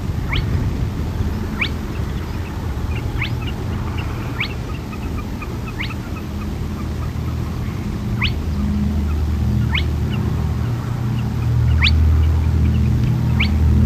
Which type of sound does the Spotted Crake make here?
mating call